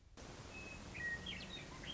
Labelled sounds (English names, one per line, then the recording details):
Western Meadowlark
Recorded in Sonoma County, California